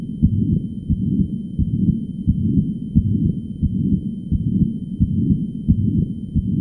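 Heart sounds in an adult, heard by stethoscope, sit over a steady low rumbling murmur that never drops out between beats. The continuous murmur runs through both systole and diastole, typical of persistent flow between a high- and a low-pressure vessel.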